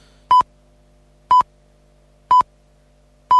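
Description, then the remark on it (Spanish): A short electronic warning beep repeats steadily about once per second, four sharp mid-pitched tones of equal length and loudness sounding alone with no voices, signaling that a radio program is in overtime and its time is up. “estamos en el tiempo de descuento, el pitido es el, me lo pone ahí Mario para fastidiarme”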